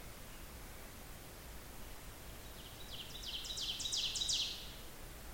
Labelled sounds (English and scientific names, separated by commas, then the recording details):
Ovenbird (Seiurus aurocapilla) song
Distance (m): 40 m
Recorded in boreal forest in Alberta, Canada, on 16 June 2016 at 05:30
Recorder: SongMeter 3, array SBT-3-32
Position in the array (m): 108 m, 140 m
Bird 37